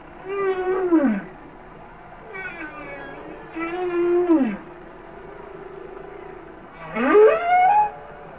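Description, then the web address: Humpback whale song: harmonic moans sweeping downward, a quieter wavering tone, then a final unit rising upward. "Whale Songs Sounds of Nature - Humpback Whales"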